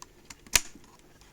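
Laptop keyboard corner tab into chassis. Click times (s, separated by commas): 0.6 s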